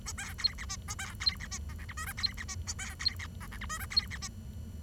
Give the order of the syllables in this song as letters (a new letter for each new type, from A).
A B C D E A B C D E F G H I J C D E A B C D F G H I J C D E